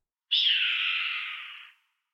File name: John Neville - Red-Tailed Hawk Buse a Queue Rousse